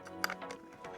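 A metal saw blade is handled and inserted into the twisted blade clamp of a Parkside Performance 20V cordless jigsaw, producing a few short, sharp metallic taps and scrapes, the loudest at about 0.2 s. Nothing has seated or locked into the clamp yet by the end of the clip.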